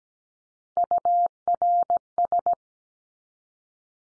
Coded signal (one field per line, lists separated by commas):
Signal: Morse code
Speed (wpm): 17 wpm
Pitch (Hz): 700 Hz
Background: none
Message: URS